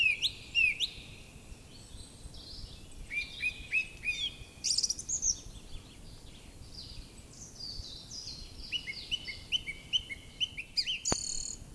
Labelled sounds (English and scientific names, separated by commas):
Song Thrush (Turdus philomelos) song